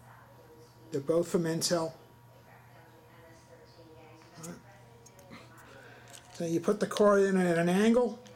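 Someone talks while a dual-band Intel PCI-E wifi card with Bluetooth is being fitted at an angle into the motherboard slot of an HP Envy 4 ultrabook laptop. Faint handling ticks come through between the speech. The card has not snapped or seated into the slot yet.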